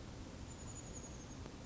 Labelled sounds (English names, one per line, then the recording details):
Chestnut-backed Chickadee
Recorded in Sonoma County, California